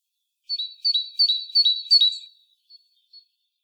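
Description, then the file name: Great tit call: a quick series of about five paired notes, each a high note dropping to a lower one, given steadily over two seconds, then two faint notes. "Parus major"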